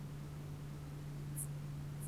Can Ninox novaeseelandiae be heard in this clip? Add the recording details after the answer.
no. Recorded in New Zealand on 1 June 2017. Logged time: 19:46. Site Taranaki